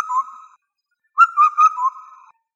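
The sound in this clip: Indian cuckoo giving a whistled phrase of four notes, the last one lower, after an earlier fragment of the same phrase; otherwise quiet.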